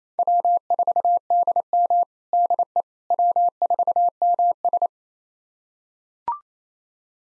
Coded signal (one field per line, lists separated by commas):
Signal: Morse code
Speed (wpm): 28 wpm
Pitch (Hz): 700 Hz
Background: none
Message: W4DM DE W4MS